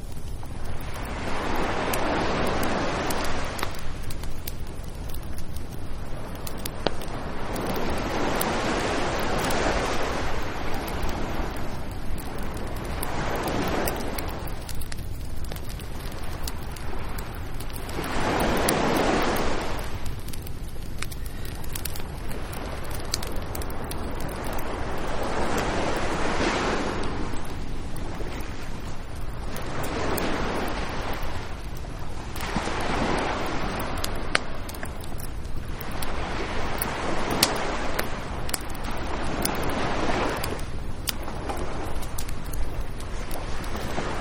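Waves wash in at a beach, each swell rising into a hiss and falling back about every four to five seconds. A steady low rumble, like wind, runs underneath, and the overall level stays fairly even throughout.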